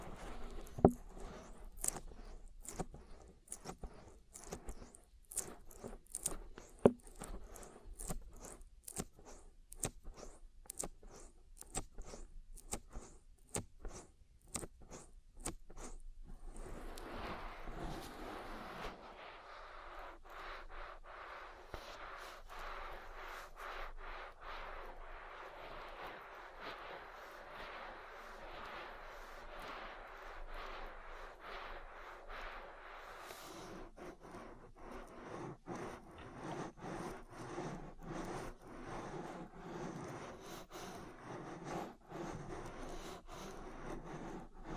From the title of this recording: Oil Ear Massage